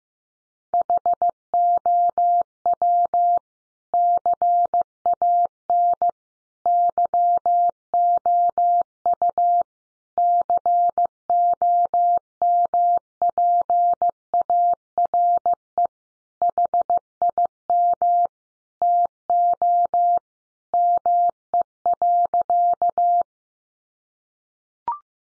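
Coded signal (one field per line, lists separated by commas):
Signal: Morse code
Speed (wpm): 15 wpm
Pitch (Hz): 700 Hz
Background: none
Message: HOW CAN YOU COMPARE HIM TO ME.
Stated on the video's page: Morse code practice at 15 wpm: head-copy sentences built from the top 1300 words, each sent in Morse, spoken, then sent again.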